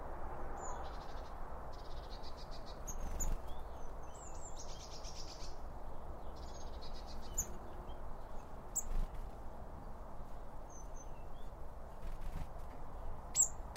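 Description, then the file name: Small birds twittering with sharp chirps and short buzzy trills in irregular bursts, sharp clicks scattered through, over low background noise. Birds around a bird feeder, recorded with two Line Audio OM1 microphones. "Birds Around Birdfeeding With Two Om 1 From Line Audio"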